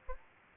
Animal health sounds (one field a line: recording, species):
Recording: mosquito wingbeat signal from an infrared sensor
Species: Aedes albopictus